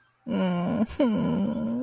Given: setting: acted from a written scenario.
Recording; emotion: vocal sound without words; sadness